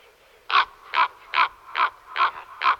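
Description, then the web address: Common raven giving six harsh, hoarse croaks in an even series, with no other sounds. "Kolkrabe"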